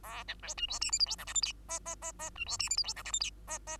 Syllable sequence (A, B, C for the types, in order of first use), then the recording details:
A B C D E F G H I J K L M N N N N D E F G H I J K L M N N. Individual Bird2